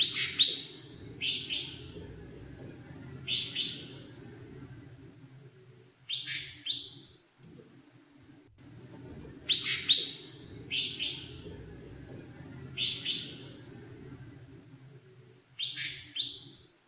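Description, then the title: Leafbird singing brisk, high twittering phrases in quick pairs and singles, separated by short pauses, with a constant low hum underneath. "CUCAK IJO"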